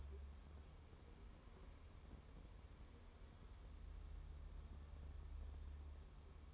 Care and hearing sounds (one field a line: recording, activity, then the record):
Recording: daily activity, microphone in the room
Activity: wipe stove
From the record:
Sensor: 1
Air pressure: 1015.1 hPa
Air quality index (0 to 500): 50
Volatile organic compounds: 1 ppm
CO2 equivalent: 650 ppm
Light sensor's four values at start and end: 14/32/13/15 and 14/32/13/15